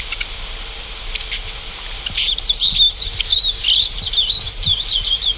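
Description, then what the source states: Eurasian Siskin flock calls: a few faint notes at first, then from about two seconds a busy run of thin, high, wavering twitters. Small finch-family winter visitor that never moves alone and always forms flocks; call closely resembles the Oriental Greenfinch's but omits the greenfinch's 'chiriri' phrase.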